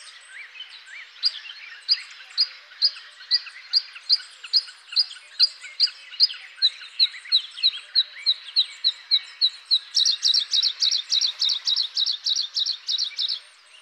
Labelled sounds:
Bluethroat (Luscinia svecica) song

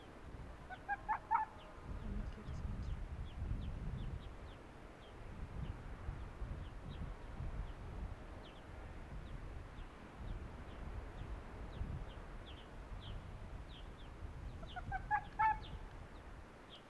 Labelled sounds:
Arctic Fox (Vulpes lagopus)

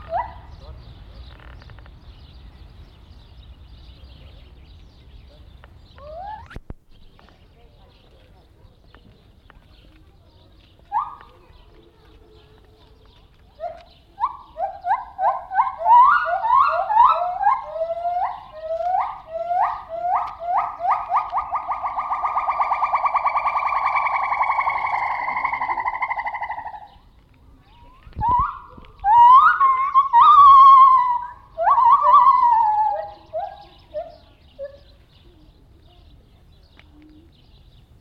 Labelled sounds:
Silvery Javan Gibbon (Hylobates moloch)

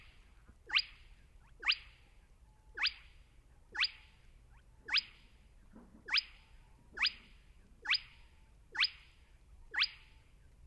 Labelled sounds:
Spotted Crake (Porzana porzana)

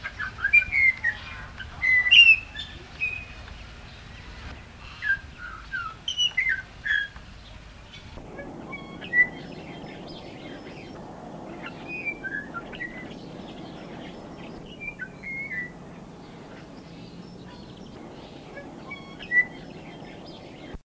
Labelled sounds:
Golden Myna (Mino anais) song

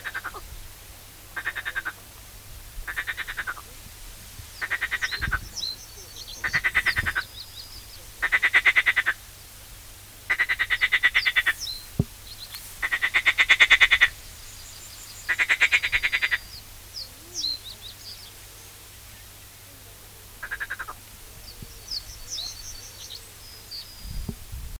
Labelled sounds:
Marsh Frog (Pelophylax ridibundus) call

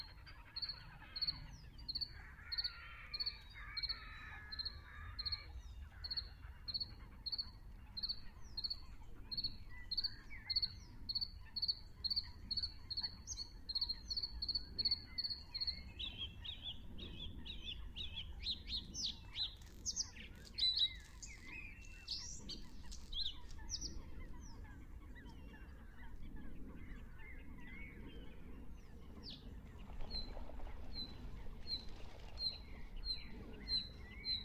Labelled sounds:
Bluethroat (Luscinia svecica) song

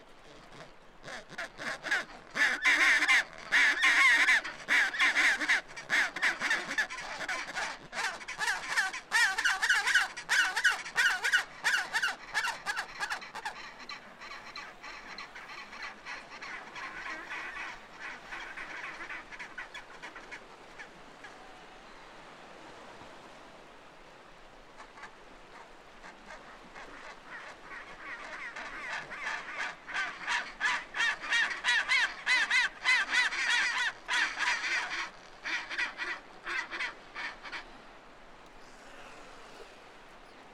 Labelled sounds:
Chinstrap Penguin (Pygoscelis antarcticus) call

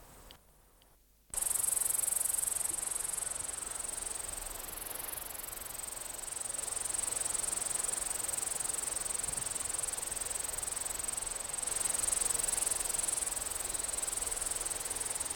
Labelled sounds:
Steppe Grasshopper (Chorthippus dorsatus) stridulation

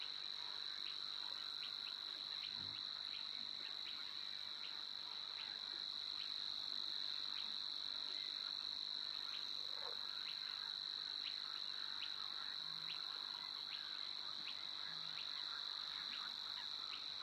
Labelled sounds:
Spotted Crake (Porzana porzana)

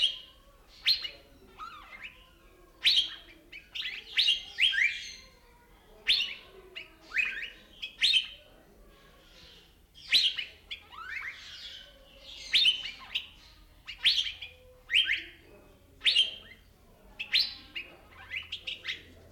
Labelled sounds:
Asian Fairy-bluebird (Irena puella)

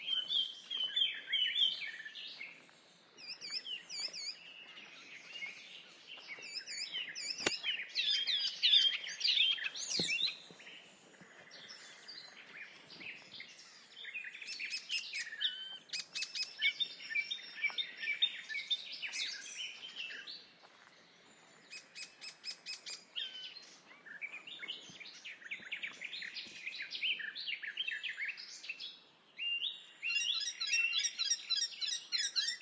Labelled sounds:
Icterine Warbler (Hippolais icterina) song

